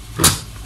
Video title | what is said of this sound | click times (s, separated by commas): SUP EKOR/ SUP TULANG/ RUSUK GUNA PRESSURE COOKER #BOSCH #PRESSURECOOKER #MUDAH | kemudian kita lock. Okay, once kita dah lock, kita pergi kepada | 0.2 s